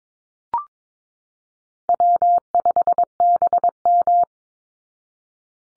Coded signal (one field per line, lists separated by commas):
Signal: Morse code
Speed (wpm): 22 wpm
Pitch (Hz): 700 Hz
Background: none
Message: W5BM